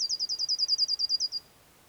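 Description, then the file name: Eurasian blue tit trill, a rapid run of about fourteen high, clear notes before fading out. "Cyanistes caeruleus"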